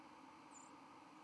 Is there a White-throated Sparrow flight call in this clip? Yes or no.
yes